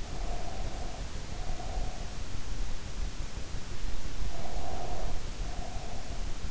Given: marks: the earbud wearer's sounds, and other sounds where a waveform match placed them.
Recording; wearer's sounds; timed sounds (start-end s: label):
sounds in sleep by an in-ear microphone; breath
0.10-2.14 s: breath
4.19-6.30 s: breath